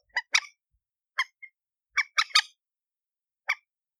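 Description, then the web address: Chicken with raspy squawking notes, some doubled, one a quick three-note burst, irregularly spaced. "aswat Dajaj Alma"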